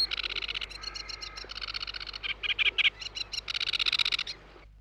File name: De Vogels - Rietzanger